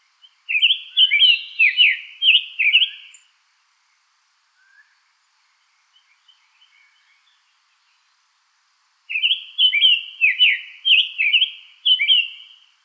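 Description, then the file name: Summer tanager song: a phrase of quick slurred notes about three seconds long, then a pause of several seconds before a second similar phrase. "Summer Tanager Piranga rubra"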